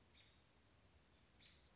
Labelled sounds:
American Robin
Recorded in Sonoma County, California

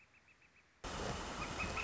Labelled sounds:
Northern Flicker
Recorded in Sonoma County, California

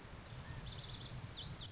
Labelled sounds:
Lazuli Bunting
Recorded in Sonoma County, California

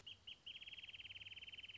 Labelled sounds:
Wrentit
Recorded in Sonoma County, California

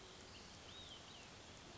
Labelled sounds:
Olive-sided Flycatcher
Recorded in Sonoma County, California

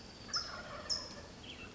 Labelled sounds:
Wild Turkey
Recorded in Sonoma County, California

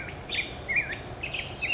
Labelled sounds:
Black-headed Grosbeak
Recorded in Sonoma County, California

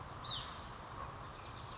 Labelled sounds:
Hutton's Vireo
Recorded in Sonoma County, California

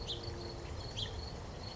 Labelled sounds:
House Finch
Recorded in Sonoma County, California

